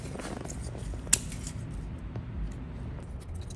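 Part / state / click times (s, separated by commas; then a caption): O2 sensor connector into its mounting bracket / seated / 1.1 s. An O2 sensor connector, routed on a BMW F80 M3 / F82 M4, is snapped into its mounting bracket on the car. Over low, steady background noise, a single sharp snap is heard at 1.1 s, and the connector is seated in its holder.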